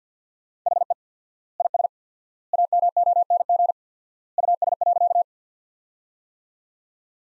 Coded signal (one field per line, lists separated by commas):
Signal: Morse code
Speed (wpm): 50 wpm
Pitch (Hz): 700 Hz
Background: none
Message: HE IS AMONG US.